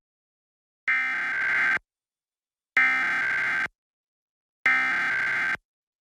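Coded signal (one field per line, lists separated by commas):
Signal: Emergency Alert System (SAME) tones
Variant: header bursts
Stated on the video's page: Required monthly tests recorded off broadcast TV stations, audio kept close to the original broadcast with uneven levels.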